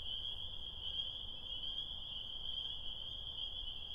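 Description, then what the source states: Spring peeper chorus, a constant high piping din of many overlapping peeps over a soft low hum. Tiny frogs singing their desire on a spring night, heard on the way home from recording in Connecticut.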